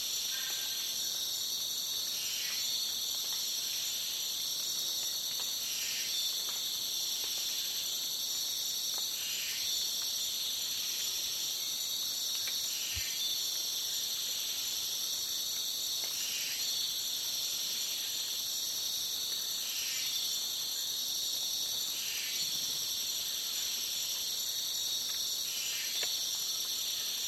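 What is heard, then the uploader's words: Rainforest ambience in Borneo, a dense, steady high insect and cricket drone with a soft pulse returning about every three seconds. A beautiful and calm atmosphere recorded in Borneo's rainforest.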